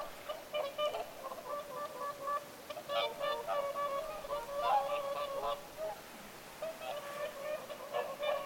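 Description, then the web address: Whooper swans trumpeting continuously, many birds overlapping in nasal, bugle-like honks, with brief lulls between bursts. Whooper swans calling at Lintulahti on 6 November 2025. "paivat 6 11 2025 laulujoutsenten aantelya lintulahdella"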